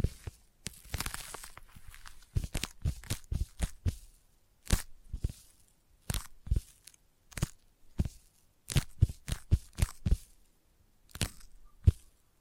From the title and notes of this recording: ASMR Intense Sticky Tapping and Sticky Triggers (No Talking).